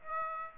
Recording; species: mosquito wingbeat signal from an infrared sensor; Aedes aegypti